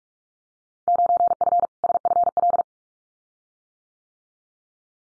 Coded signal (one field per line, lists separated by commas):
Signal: Morse code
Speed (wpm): 44 wpm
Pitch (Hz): 700 Hz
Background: none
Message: 9F SFL